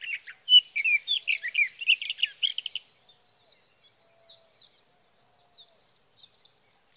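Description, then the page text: Sage thrasher song: a quick, tumbling burst of warbled and chattering notes lasting about three seconds, followed by soft, sparse high chips. Male singing through the night near his night roost, evening June 12 to morning June 15, 2018, Sierra Valley, California; Swift recorder; night songs. "Birdsong for the Curious Naturalist: Explore #7. 61. Sage thrasher songs, through the night"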